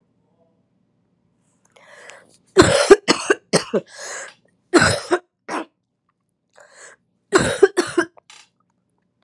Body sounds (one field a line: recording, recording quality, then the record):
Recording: heavy voluntary cough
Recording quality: excellent, no background noise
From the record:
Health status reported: COVID-19 positive, mild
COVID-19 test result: positive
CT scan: not taken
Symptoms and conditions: cough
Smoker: no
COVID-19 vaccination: both doses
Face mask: not worn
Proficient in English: yes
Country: United States